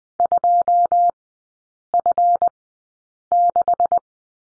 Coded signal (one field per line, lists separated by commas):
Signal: Morse code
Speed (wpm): 20 wpm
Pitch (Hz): 700 Hz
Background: none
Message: 2F6